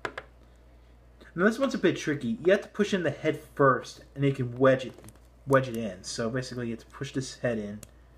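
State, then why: Not seated. A small plastic Titan Master figure head is wedged and pushed into the head port of a Transformers: Titans Return transforming toy while someone talks. Two brief handling taps are heard at the start. The head has not snapped or seated yet when the clip ends.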